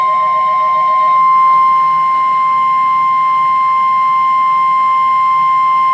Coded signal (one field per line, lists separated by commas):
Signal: Emergency Alert System (SAME) tones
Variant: 1050 Hz attention tone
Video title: EAS #154 - Flash Flood Warning